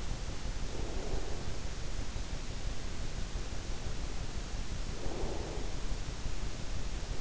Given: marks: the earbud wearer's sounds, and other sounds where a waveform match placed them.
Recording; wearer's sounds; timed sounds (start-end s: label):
sounds in sleep by an in-ear microphone; breath
0.62-1.75 s: breath
4.83-5.98 s: breath